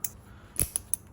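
A brake pad on a 2013 Ford F-150 is tilted back and pushed forward with both thumbs into the metal clips of the caliper bracket. Short metallic ticks and scrapes come at about 0.1, 0.6 and 0.8 seconds, then a sharp snap at 0.9 seconds as the pad seats in the clips.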